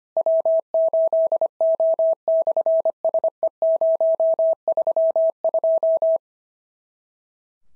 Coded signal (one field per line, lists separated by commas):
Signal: Morse code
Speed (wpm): 25 wpm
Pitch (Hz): 650 Hz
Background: none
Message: W8O/SE032